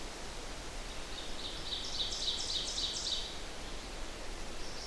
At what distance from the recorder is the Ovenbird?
about 45 m